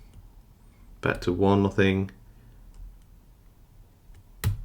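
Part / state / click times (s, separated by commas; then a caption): lock plug turning open in its cylinder / released / 4.4 s. Someone talks while an Egyptian AFM dimple lock is picked pin by pin under tension, with faint small ticks in the quiet background. While pin 2 is being worked, the lock plug suddenly turns in its cylinder and the lock opens with one sharp click at 4.4 s.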